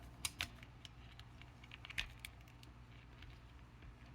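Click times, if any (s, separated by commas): none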